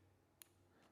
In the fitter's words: and you heard the click there now